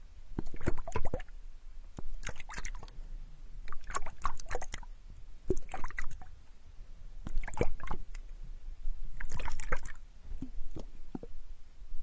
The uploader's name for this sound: water flow sound picking ear spa